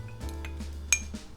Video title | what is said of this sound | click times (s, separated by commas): Tag Video/Fragrances I Couldn’t Pass | cap snaps into place as you heard | 0.9 s